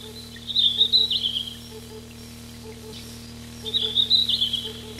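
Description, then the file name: Red-flanked bluetail singing two brief, high-pitched warbling phrases about three seconds apart, with a faint low hum underneath. Recorded 29 June 1991. "Tcyanurus 29 06 91"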